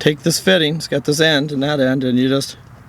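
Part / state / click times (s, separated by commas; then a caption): snow plow harness connector into mating truck-side connector / not seated / none. Someone talks while handling a Snowdogg V snow plow wiring harness connector beside its mating truck-side connector on a new 3500 Ram plow truck. Nothing has seated or clicked yet. The voice stops about 2.5 s in, leaving a quiet background to the end.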